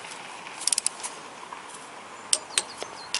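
A click-type torque wrench tightens the next camshaft bearing cap bolt on the cylinder head of a Toyota VVT-i engine. A quick run of light ticks comes near 0.7–0.9 s, then the wrench gives a sharp release click at 2.3 s, followed by a few softer ticks. The bolt reaches its torque setting.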